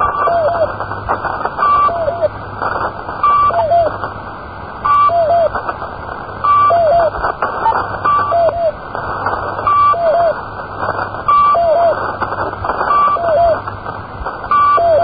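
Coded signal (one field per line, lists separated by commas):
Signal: channel marker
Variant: S32 Squeaky Wheel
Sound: squeaky repeating motif about every 1.6 s: short high beep, then two warbling squeaks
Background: radio static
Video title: S32 "The Squeaky Wheel" Numbers Station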